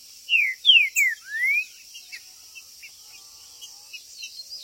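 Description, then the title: Green-winged saltator song of four loud whistled notes, three short downslurs and a rising final slur, followed by faint chirps and a constant high insect buzz. Territorial singing and chirping in a contest. "TRINCA Piando, Cantando E Macheando Na DISPUTA. TRINCA FERRO"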